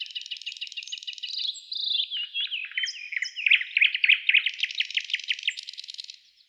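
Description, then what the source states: Nightingale song: rapid repeated notes, slurred whistles, then a fast rhythmic trill of sharp notes. Song type described as a trill.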